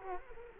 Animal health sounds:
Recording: mosquito wingbeat signal from an infrared sensor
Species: Culex quinquefasciatus

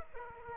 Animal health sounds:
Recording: mosquito wingbeat signal from an infrared sensor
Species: Aedes aegypti

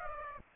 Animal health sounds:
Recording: mosquito wingbeat signal from an infrared sensor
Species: Aedes aegypti

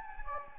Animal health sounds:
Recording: mosquito wingbeat signal from an infrared sensor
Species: Anopheles gambiae

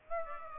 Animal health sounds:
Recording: mosquito wingbeat signal from an infrared sensor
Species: Aedes aegypti

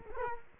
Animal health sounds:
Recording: mosquito wingbeat signal from an infrared sensor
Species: Culex quinquefasciatus

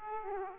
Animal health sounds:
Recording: mosquito wingbeat signal from an infrared sensor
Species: Aedes aegypti

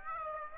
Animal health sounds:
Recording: mosquito wingbeat signal from an infrared sensor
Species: Aedes aegypti

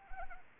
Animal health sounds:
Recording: mosquito wingbeat signal from an infrared sensor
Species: Anopheles arabiensis

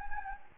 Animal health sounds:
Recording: mosquito wingbeat signal from an infrared sensor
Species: Anopheles gambiae

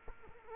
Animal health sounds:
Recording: mosquito wingbeat signal from an infrared sensor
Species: Culex quinquefasciatus

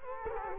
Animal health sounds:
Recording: mosquito wingbeat signal from an infrared sensor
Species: Culex quinquefasciatus

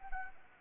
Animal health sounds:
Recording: mosquito wingbeat signal from an infrared sensor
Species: Anopheles arabiensis

